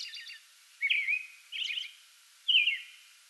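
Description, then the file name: American robin giving three slurred whistled phrases, after a faint high chittering at the start. Singing before dawn from a small tree in a front yard, recorded 8 May 2022. "2022-05-08 American Robin pre-dawn singing from small tree in front yard"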